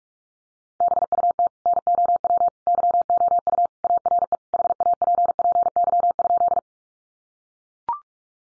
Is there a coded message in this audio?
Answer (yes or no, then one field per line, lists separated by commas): yes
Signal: Morse code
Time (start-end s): 0.8-6.6 s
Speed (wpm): 44 wpm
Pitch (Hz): 700 Hz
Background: none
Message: BUT NOW YOU ARE HAPPY?